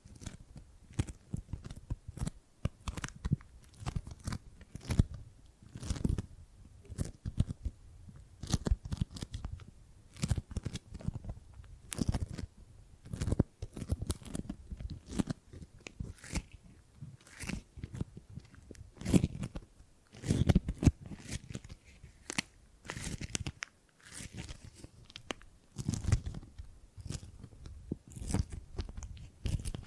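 Gripping and grabbing sounds: a dense run of short crunchy, crackling handling noises, like hands clutching and squeezing something brittle. Bursts come several times a second with brief pauses, some louder thumps low down, and sharp crisp edges throughout the full thirty seconds.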